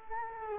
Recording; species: mosquito wingbeat signal from an infrared sensor; Culex quinquefasciatus